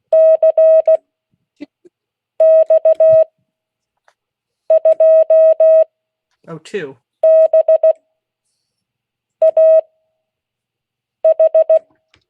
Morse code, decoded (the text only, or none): CX2BAH